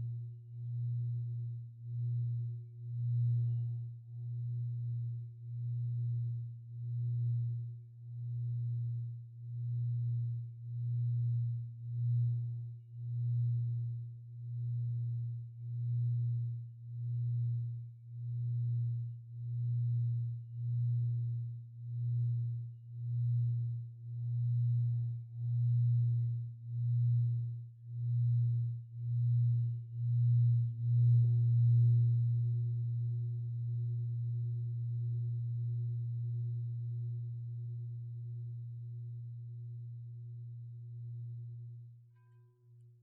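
A Tibetan singing bowl sounds a low, steady tone that pulses in a slow, regular wobble, about twice per second. A faint higher ring sits above it. Around the thirty-second mark it swells louder and smoother, then fades out near the end.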